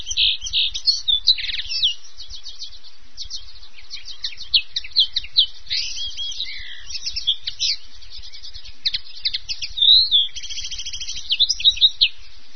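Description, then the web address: Common Linnet twittering song, a long run of chattering notes, quick trills and nasal chirps that rise and fall in loudness throughout. "wroblowe fringillidae ccannabina"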